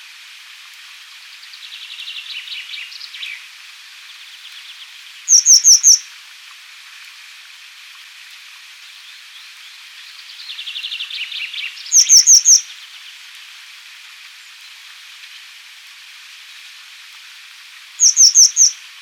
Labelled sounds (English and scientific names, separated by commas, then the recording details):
Grey Wagtail (Motacilla cinerea) song
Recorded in the wild
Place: Kandel /Schwarzwald; Waldkirch, Baden-Württemberg, DE
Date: 1984-07-08
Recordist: Schwarz, Dieter
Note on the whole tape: Song